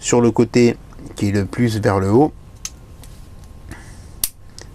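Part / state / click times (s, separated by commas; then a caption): pistol magazine follower onto magazine spring / seated / 4.2 s. Someone talks, then soft handling sounds follow as the plastic follower of a Glock pistol magazine is fitted back onto the top of the magazine spring, upper side up, during reassembly. A small, sharp click at 4.2 s marks the follower engaging, showing it is seated correctly.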